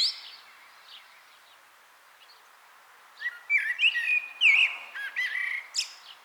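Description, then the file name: Common blackbird song, a brief note and then a quiet stretch of about three seconds, followed by a warbled phrase breaking into high, thin twittering notes. "Turdus merula"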